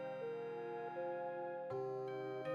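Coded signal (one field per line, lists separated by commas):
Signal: none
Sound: background music notes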